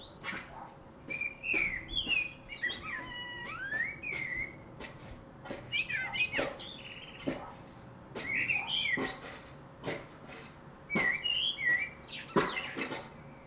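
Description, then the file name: Common blackbird: varied bird song mixing mellow slurred whistles and high squeaky twitters in a long run, with scattered sharp clicks. "Turdus merula"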